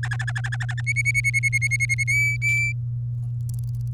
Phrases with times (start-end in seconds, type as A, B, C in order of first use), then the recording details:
0.03-0.81 A, 0.86-2.04 B, 2.08-2.73 C. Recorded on 24 April 2018 at 05:52. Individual llb3